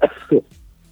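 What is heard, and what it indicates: Two short, sharp coughs about a third of a second apart, heard over a thin, narrow-sounding phone line. It is a brief cough from an adult woman with a cold, who coughs as soon as she starts to speak.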